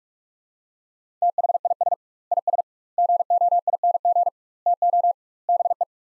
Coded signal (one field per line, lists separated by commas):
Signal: Morse code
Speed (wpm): 41 wpm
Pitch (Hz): 700 Hz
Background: none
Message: THIS IS GOING TO BE